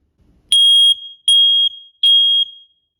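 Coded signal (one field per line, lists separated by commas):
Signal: alarm pattern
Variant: smoke alarm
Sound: three loud shrill beeps around 3 kHz, evenly spaced, with slight ringing after each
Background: small room echo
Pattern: 3 short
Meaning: The test sounding shows the smoke alarm is working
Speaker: hit your test button and make sure she's working.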